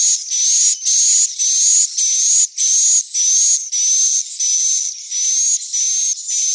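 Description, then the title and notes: Swiftlet calls, harsh high buzzy bursts with a whistled tone inside, repeated in a steady rhythm of about two bursts per second, separated by brief gaps. Sound used for swiftlet farming in Asia. "Swiflet Bird Sound. Farming Swiflet Bird asia sound"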